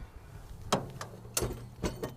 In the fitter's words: and a panel will lock into place